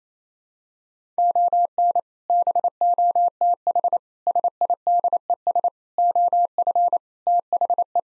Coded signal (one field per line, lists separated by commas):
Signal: Morse code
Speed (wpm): 28 wpm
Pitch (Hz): 700 Hz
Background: none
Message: ON BOTH SIDES OF THE